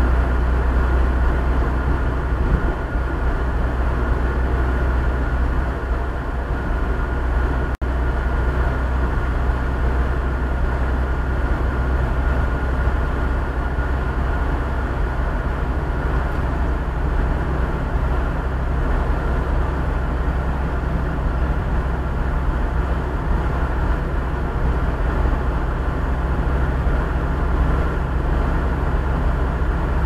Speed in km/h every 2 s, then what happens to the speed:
60, 61, 61, 61, 61, 63, 64, 65, 64, 62, 63, 62, 62, 62, 64.
0-30 steady at about 62.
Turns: none.